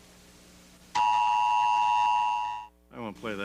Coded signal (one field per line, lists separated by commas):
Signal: Emergency Alert System (SAME) tones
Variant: 853 and 960 Hz attention tone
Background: speech